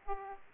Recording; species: mosquito wingbeat signal from an infrared sensor; Aedes aegypti